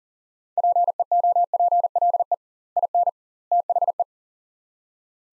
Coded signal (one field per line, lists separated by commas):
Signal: Morse code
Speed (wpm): 37 wpm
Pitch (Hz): 700 Hz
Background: none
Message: PEOPLE IN THE